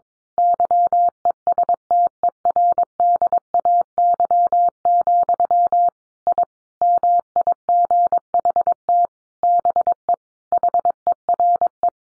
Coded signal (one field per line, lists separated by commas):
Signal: Morse code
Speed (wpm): 22 wpm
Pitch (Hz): 700 Hz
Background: none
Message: YESTERDAY, I MIGHT BE HERE